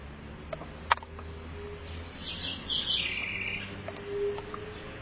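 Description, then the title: Southern house wren song, a short bubbly burst of rapid high twittering notes lasting about a second, with scattered clicks and low rumbling background noise. "cURRUIRA"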